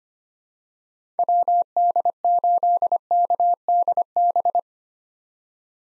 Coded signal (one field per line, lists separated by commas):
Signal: Morse code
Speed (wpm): 25 wpm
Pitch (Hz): 700 Hz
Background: none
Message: WD8KDB